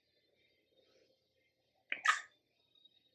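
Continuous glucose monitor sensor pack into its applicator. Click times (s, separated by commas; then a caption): 1.9 s. A plastic continuous glucose monitor sensor applicator is lined up with the dark marks on the sensor pack, which rests on a hard surface, and pushed straight down. There is a sharp click at 1.9 s, then faint small sounds. The sensor locks into the applicator, leaving the needle exposed.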